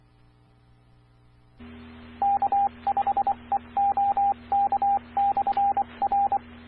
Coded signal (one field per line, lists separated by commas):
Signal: Morse code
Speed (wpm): 24 wpm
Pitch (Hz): 800 Hz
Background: radio noise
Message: K5EOK/R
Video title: 2015-05-06 - K5EOK 147.1350 MHz Edmond ARS Repeater